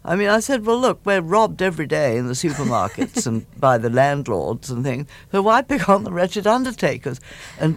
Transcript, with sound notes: I mean, I said, well, look, we're robbed every day in the supermarkets...
(Laughter).
...And by the landlords and things. So why pick on the wretched undertakers